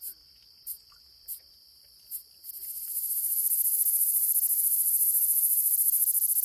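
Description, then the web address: Gladiator meadow katydid song: four short, very high ticks spaced under a second apart, then a loud, continuous high buzz that swells and fills the rest. Recorded in North America. "Songs of Insects. Gladiator Meadow Katydid"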